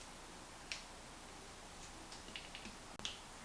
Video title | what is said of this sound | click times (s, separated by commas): How To Change Front TRAXXAS MAXX Axles/Half Shafts | and push it on and it'll snap into place okay | 0.7 s